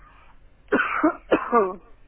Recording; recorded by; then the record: voluntary cough; telephone call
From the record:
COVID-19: positive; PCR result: checked with the laboratory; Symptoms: no